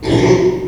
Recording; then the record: squeal of a Yucatan mini pig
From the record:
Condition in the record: before surgery on the right vocal fold (resection and tissue-engineered implant); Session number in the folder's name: 1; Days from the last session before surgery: -3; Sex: male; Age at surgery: 12 weeks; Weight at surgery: 13 kg